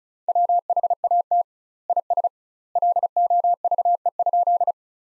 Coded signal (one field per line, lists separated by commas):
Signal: Morse code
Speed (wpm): 36 wpm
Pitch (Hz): 700 Hz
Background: none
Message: WHAT IS LOVE?